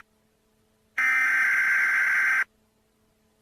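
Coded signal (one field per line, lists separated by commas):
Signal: Emergency Alert System (SAME) tones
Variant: header bursts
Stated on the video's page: Fictional EAS scenario with simulated SAME alert tones; may include disturbing sounds.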